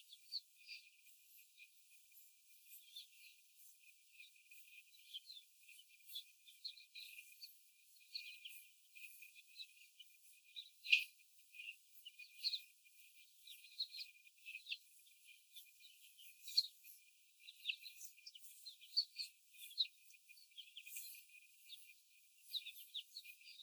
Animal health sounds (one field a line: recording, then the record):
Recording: young laying hens in a cage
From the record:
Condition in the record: before the stressor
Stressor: simulated dog barking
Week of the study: 4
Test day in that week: 1